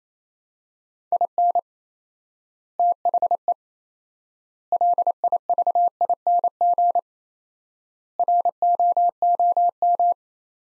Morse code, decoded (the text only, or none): IN THE LIVING ROOM